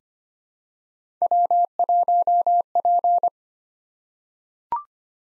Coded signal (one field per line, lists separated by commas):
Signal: Morse code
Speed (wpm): 25 wpm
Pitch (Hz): 700 Hz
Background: none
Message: W1P